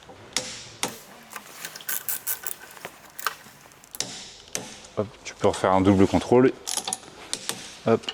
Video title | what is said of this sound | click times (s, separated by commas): Le GUIDE COMPLET pour préparer sa MOTO PISTE avec Tecmas RT | Et là au serrage, jusqu'au clic. | 0.4 s, 4.6 s